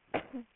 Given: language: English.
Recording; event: throat vibration sensor signal played as sound; cough